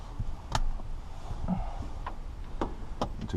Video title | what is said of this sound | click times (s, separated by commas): 94 f150 radio removal and replacement | hear click alright once you | 3.0 s